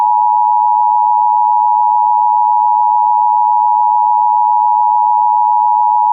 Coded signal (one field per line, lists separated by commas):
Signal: Emergency Alert System (SAME) tones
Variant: 853 and 960 Hz attention tone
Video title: EAS Shelter In Place Warning Williston, North Dakota (Major Highway Closures/Severe Weather)